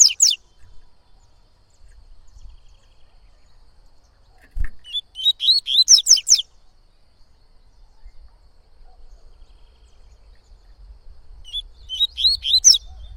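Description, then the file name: Yellow-bellied Seedeater song in three separated phrases, each a string of bright slurred notes, with quiet gaps between. Bird singing a lot, tui-tui song style. "Coleiro Baiano Cantando Muito Canto Tui Tui"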